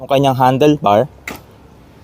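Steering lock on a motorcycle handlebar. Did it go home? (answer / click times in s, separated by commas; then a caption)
yes / 1.3 s. Someone talks as the rider turns the handlebar of a switched-off 2026 CFMoto 750SRS motorcycle. At 1.3 s the automatic steering lock engages with a single sharp tick, and the handlebar is locked.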